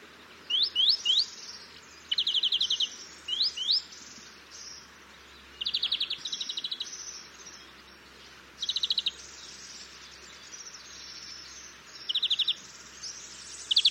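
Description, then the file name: European greenfinch giving trilled bursts at irregular intervals over a high background hiss. "Chloris chloris"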